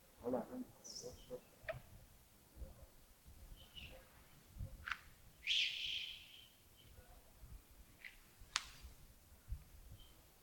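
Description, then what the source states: Birds calling with scattered sharp chirps, a brief rich burst of notes midway and a sudden high squeak later, with soft low background noise. Early morning at Yagongding (亚公顶), 28 December 2025, around 07:40.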